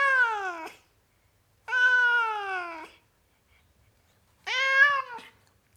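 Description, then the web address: Cat giving three loud, drawn-out meows that fall slightly in pitch, each about a second long with pauses between. Tom cat, meowing. "BBC Sound Effects Library. Tom Cat, Meowing"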